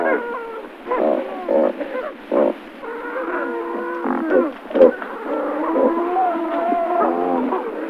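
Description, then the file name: Great white pelicans in a noisy group, a rolling mass of hoarse grunts and long wavering moans overlapping continuously, with one sharp click near the middle. "Pelikan bily Pelecanus onocrotalus"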